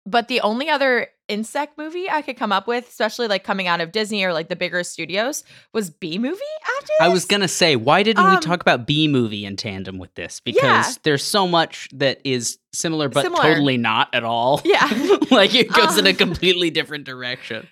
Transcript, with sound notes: But the only other insect movie I could come up with especially like coming out of Disney or like the bigger studios was Bee Movie,
I was gonna say why didn’t we talk about Bee Movie in tandem with this because there’s so much that is similar but totally not at all, [chuckle] like it goes in a completely different direction.